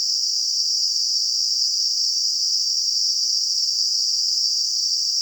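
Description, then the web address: Cicada call: an unbroken, even, high-pitched buzzing drone that holds steady in pitch and loudness for the whole stretch. In a garden. "WSPDatabase Analysis DVD Garden Cicadas"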